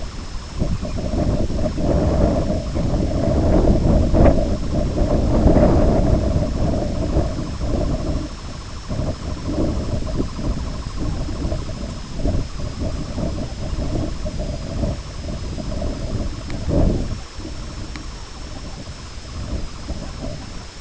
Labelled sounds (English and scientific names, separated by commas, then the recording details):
Sanderling (Calidris alba), Lapland Longspur (Calcarius lapponicus), unidentified sound
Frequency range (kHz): Sanderling (Calidris alba) 0.5-1.9 kHz; Lapland Longspur (Calcarius lapponicus) 2.0-4.1 kHz
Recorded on Arctic tundra, site IGLO-B, on 21 June 2018
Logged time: 09:59